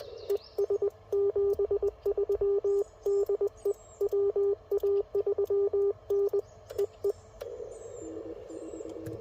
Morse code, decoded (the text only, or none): ES 73 DE WA3N EE